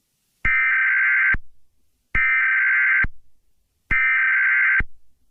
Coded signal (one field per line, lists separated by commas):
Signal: Emergency Alert System (SAME) tones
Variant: header bursts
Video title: SCP-966 Don't Sleep Emergency Alert System